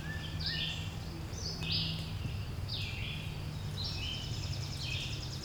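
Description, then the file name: Bird song in short, high, slurred phrases with brief gaps between them, over a constant low hum. "Relaxing Sounds Lab - Birds Singing"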